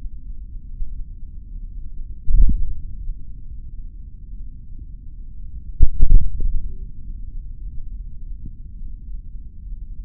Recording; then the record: forearm muscle sounds (acoustic myography)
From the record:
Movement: finger pinch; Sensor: system 3, bracelet of six PUI Audio POM-2738L microphones around the upper forearm, with dedicated amplification and filtering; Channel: 1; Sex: male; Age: 26 years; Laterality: right